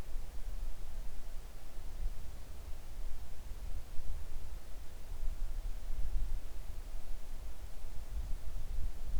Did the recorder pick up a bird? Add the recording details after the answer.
no. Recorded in the Arctic National Wildlife Refuge, Alaska, on 3 August 2019 at 10:23. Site 41